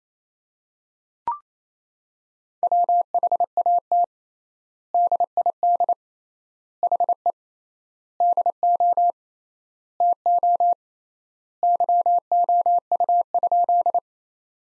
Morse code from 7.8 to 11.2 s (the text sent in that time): DO TO